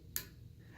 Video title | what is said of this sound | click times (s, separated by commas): How to: remove and replace valve a actuator. | The last step here is going to be to reconnect the wiring harness, which we're going to do by pushing in until we hear a click, | 0.2 s